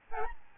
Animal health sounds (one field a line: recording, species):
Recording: mosquito wingbeat signal from an infrared sensor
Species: Aedes albopictus